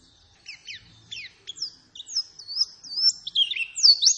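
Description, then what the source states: White-eye song beginning with spaced sharp chirps, then building into a fast, loud, rolling warble of high slurred whistles. Vigorous, persistent lure song meant to make other white-eyes respond and answer at once; a singing white-eye is described as gacor.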